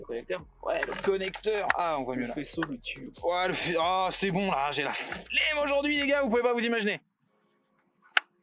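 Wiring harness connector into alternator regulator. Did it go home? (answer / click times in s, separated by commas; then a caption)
yes / 8.2 s. The wiring harness connector is pushed back onto the voltage regulator of a BMW E46 alternator during reassembly, which was replaced. Someone talks for about seven seconds, then after a short silence a single sharp click is heard at 8.2 s as the connector clips into place.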